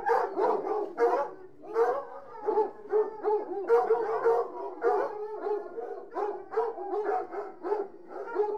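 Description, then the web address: Hunting hounds in a continuous chorus of whines and yelps, many dogs calling over one another without a break. A pack of about sixty hunting hounds whining. "BBC Sound Effects Library. Hunting Hounds"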